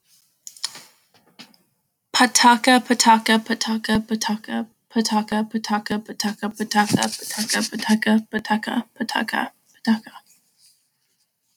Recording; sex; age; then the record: repeated syllables /pa ta ka/; female; 20 to 29 years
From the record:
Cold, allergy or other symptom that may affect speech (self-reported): no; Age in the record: 22 years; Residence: Alabama, United States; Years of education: 12